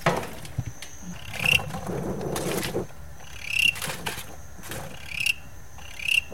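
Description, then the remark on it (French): A male field cricket's aggression song, sung on meeting another male of this territorial species: sharp, high chirp bursts recurring about every one to two seconds over a thin, steady high trill, with scattered clicks and rustling and no voices. “Par contre, si un mâle rencontre un autre mâle, il peut y avoir un chant d'agressivité, surtout sur les espèces territoriales, comme par exemple les grillons des champs.”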